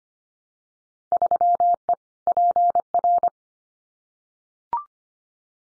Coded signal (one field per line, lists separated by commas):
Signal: Morse code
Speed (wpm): 25 wpm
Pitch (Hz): 700 Hz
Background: none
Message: 3E PR